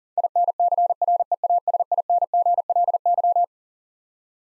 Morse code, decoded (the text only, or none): INCREASINGLY